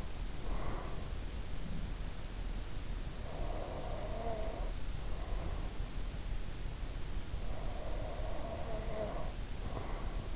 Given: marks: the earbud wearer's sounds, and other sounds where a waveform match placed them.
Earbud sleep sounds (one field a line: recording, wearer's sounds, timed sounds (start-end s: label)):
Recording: sounds in sleep by an in-ear microphone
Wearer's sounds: breath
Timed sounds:
0.00-1.18 s: breath
3.22-6.08 s: breath
7.54-10.36 s: breath